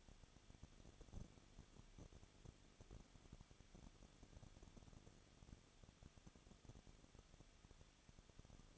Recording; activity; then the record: daily activity, microphone in the room; no activity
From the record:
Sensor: 4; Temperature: 23.0 degrees Celsius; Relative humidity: 34.3%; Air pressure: 1007.3 hPa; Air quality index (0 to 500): 216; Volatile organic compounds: 15 ppm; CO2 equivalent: 2502 ppm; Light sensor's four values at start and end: 2/3/1/1 and 2/3/1/1